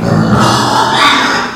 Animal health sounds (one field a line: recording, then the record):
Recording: squeal of a Yucatan mini pig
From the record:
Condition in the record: after surgery on the right vocal fold (resection and tissue-engineered implant)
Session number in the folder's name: 13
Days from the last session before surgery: 113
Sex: female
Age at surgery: 19 weeks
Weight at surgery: 25 kg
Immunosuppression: prednisolone